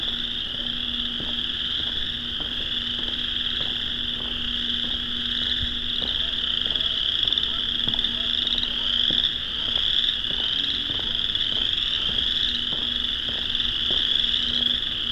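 Thousands of chorus frogs fill the air with a dense, unbroken trilling chorus, bright and high, holding steady for the whole fifteen seconds. Beneath it runs a low steady hum, and faint regular ticking clicks recur throughout.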